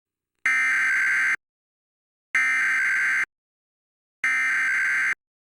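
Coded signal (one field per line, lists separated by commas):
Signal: Emergency Alert System (SAME) tones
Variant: header bursts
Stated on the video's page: Fictional scenario using valid EAS tones.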